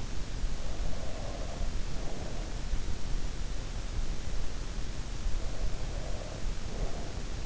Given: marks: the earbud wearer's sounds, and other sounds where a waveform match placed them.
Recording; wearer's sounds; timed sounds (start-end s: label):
sounds in sleep by an in-ear microphone; breath
0.44-2.77 s: breath
5.41-7.46 s: breath